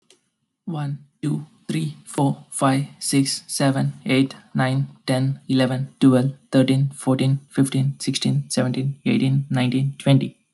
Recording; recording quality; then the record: counting at a fast pace; excellent, no background noise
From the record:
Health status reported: healthy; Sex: male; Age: 25 years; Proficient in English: yes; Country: India